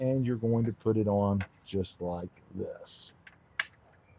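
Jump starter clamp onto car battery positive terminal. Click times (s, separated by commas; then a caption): 3.6 s. A positive jump-starter clamp from a SuperSafe car battery booster is put onto a car battery's positive terminal while someone talks. A small tick comes at 3.3 seconds, then a sharp snap at 3.6 seconds as the spring jaws close, and the clamp is seated on the terminal.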